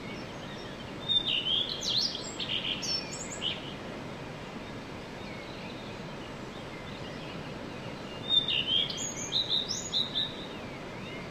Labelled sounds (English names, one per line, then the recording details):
Common Redstart
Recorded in the wild
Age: adult
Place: Untertweng, AT
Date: 1968-04-14
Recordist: Brunner, Thomas
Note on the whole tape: Aufnahme: Untertweng, Kärnten